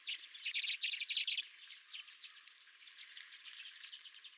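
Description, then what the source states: Redpolls calling in a loud burst of dry twittering notes over the first second and a half, then fainter chatter continuing. Redpolls at the recordist's own feeder.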